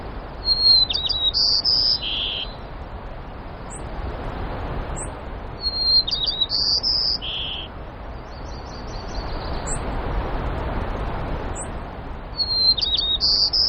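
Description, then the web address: White-crowned sparrow repeating its song a few times, whistled opening, rapid buzzy notes and a lower burred finish, with short high chips and a soft trill between songs. Recorded in Denali, Alaska, on the morning of 12 May 2016. "alaska BIRDS DENATOKO 20160512 052310 White-Crowned"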